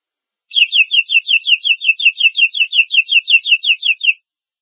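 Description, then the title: Domestic canary giving a steady trill of many high, slurred notes repeated evenly for nearly four seconds. "Kenari"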